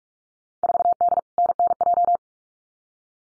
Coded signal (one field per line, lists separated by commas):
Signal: Morse code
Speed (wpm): 44 wpm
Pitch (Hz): 700 Hz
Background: none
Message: 4D NNJ